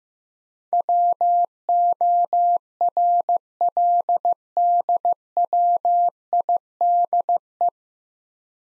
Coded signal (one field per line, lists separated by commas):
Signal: Morse code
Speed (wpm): 15 wpm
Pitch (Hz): 700 Hz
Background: none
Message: WORLDWIDE